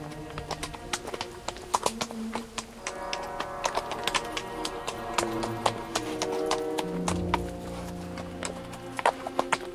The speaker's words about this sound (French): Le cheval allait d'un pas de profond sommeil.